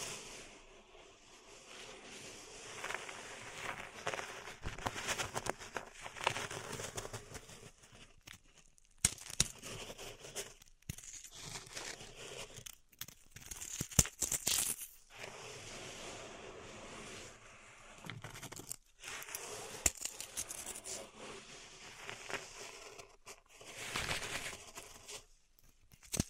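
Pink salt in a zen garden is raked and stirred, making a grainy, crisp swishing that comes in uneven strokes separated by brief silences. Sharp clicks and taps cut through near 9, 14 and 20 seconds.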